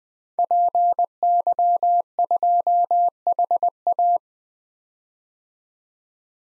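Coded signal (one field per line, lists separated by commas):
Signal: Morse code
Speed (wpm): 20 wpm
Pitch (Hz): 700 Hz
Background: none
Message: PY2HA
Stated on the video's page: Morse practice at 20 wpm of 5-character DXCC-100 call signs, each sent, spoken, then sent again for head-copy.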